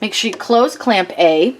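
Someone talks while handling a pen in the plastic pen-holder clamp (clamp A) on a craft cutting machine's carriage, with the clamp about to be closed over the pen. Only speech is heard; the clamp has not snapped closed and nothing has seated yet.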